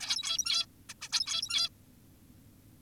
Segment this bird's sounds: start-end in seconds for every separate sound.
0.01-0.66, 0.89-0.94, 1.02-1.09, 1.12-1.69